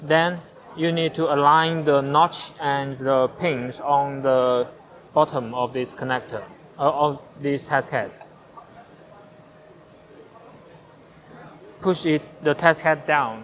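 Someone talks while a new test head for an RF4308E air permeability tester is lined up so the notch and pins on the bottom of its connector match the tester's connector base, before the head is pushed down into place. A quieter stretch with low background noise follows before the talking resumes. Nothing has seated or clicked yet.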